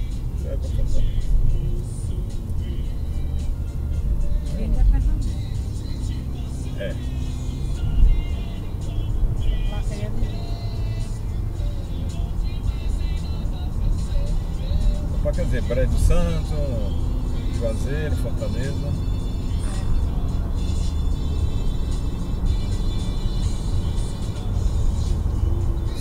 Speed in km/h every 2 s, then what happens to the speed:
48, 51, 55, 60, 66, 72, 75, 79, 81, 84, 86, 89, 92.
0-26 speeds up to 92.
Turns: none.